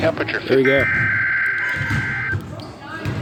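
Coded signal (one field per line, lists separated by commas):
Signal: Emergency Alert System (SAME) tones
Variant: header bursts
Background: speech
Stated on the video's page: Statewide tornado drill on a NOAA Weather Radio station.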